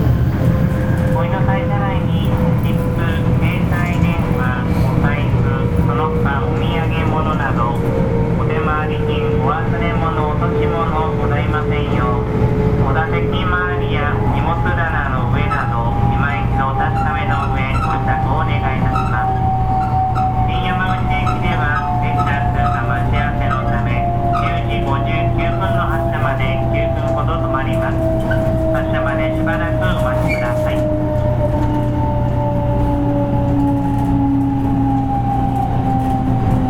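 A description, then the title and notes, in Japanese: A Shinkansen 500 series train running, with a steady low rumble and hum that stays level throughout. Tones slowly slide downward across the whole clip, and voices are heard talking over the train noise through much of it. 新幹線500系 山陽新幹線 こだま号 厚狭到着前から新山口まで。新幹線500系電車の走行音です。JR西日本 山陽新幹線で録音しました。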